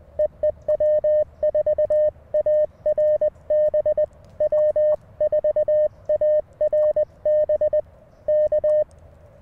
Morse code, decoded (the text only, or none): EE W4ARB W4ARB K